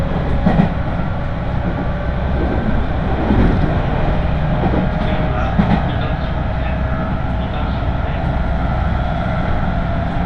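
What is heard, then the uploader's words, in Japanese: A Tokaido Line local train rumbles steadily along, its low, dense running noise constant throughout, with faint clanks and squeals around the start. 東海道本線各駅停車 豊橋→西岡崎。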